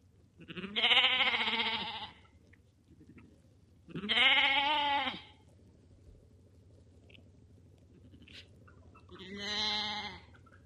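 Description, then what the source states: Sheep bleating: three harmonic, slightly wavering bleats, each about one to one and a half seconds long, the third near the end, with low steady background hum. Lambs.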